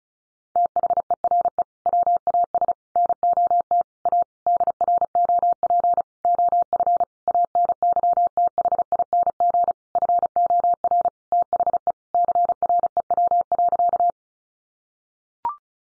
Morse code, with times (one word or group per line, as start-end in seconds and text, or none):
0.6-1.6 THERE
1.9-2.7 WAS
3.0-3.8 NOT
4.1-4.2 A
4.5-6.0 DROP
6.2-7.0 OF
7.3-9.7 ANYTHING
10.0-11.1 FOR
11.3-11.9 THE
12.1-14.1 CREW.